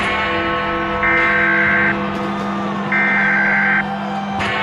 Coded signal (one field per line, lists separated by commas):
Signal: Emergency Alert System (SAME) tones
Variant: header bursts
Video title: The Scott Fan Vlogs #15 Sync With @EggyBFBKhongPhaiLayTV (EAS Alarm)